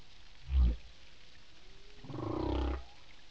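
Whale calls: one short low grunt followed by a longer, rough moan.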